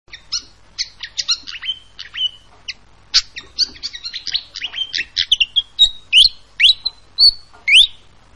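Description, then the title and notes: Flycatcher song: scattered high chips building into a busy twittering passage, ending with a few loud, upward-sweeping whistles. Training recording (masteran) for cage birds, with clear song. "Masteran Sikatan Kipas Suara Jernih Dan Suara Gemericik Air. Suara Burung Sikatan Londo"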